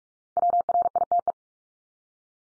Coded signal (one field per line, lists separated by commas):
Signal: Morse code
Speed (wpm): 44 wpm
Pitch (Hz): 700 Hz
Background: none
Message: WRITE